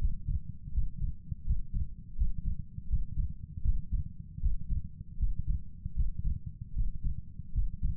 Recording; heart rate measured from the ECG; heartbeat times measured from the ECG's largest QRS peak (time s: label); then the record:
heart sounds by stethoscope; 79 bpm
0.72 s: heartbeat
1.44 s: heartbeat
2.15 s: heartbeat
2.87 s: heartbeat
3.62 s: heartbeat
4.40 s: heartbeat
5.17 s: heartbeat
5.94 s: heartbeat
6.73 s: heartbeat
7.52 s: heartbeat
From the record:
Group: healthy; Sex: male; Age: 35 years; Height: 178 cm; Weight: 64 kg